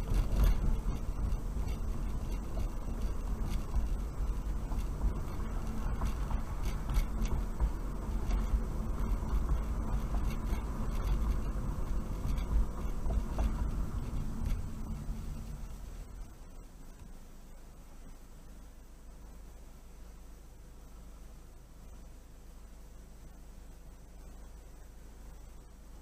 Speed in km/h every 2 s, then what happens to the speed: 31, 32, 34, 34, 37, 39, 34, 13, 0, 0, 0, 0, 0.
0-11 steady at about 34. 11-16 brakes to 0. 16-26 standing.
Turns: none.